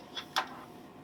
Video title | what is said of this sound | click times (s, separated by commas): Digital Embroidery Tutorial | it on it will click | 0.4 s